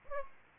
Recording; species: mosquito wingbeat signal from an infrared sensor; Aedes aegypti